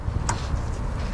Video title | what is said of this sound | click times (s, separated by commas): How To Diagnose And Fix a Misfire On Your Mustang | make sure you hear a click when you pop them on you do not want a fuel leak | 0.3 s